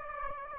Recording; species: mosquito wingbeat signal from an infrared sensor; Aedes aegypti